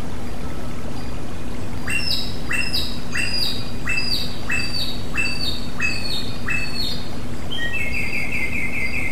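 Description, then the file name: Samyong song: a run of repeated notes, roughly twice a second, then a rapid trilled phrase at the end, over a steady low hum. Therapy sound recording of samyong song for cage birds. "suara terapi samyong omkicau"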